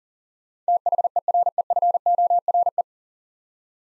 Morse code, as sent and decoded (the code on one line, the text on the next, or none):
- .... . .-. . ..-. --- .-. .
THEREFORE